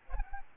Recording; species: mosquito wingbeat signal from an infrared sensor; Aedes albopictus